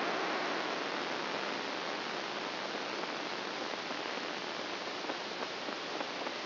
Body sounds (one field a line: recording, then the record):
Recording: brain microelectrode recording played as sound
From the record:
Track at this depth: inside the subthalamic nucleus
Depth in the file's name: 2.503 mm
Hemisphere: right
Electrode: 2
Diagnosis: Parkinson's disease